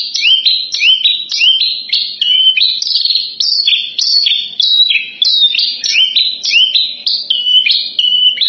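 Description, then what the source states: Javan bush lark song: a continuous run of loud whistled notes in quick succession, many slurring upward. Song used as a lure recording (pancingan); the bird is described as gacor, singing actively.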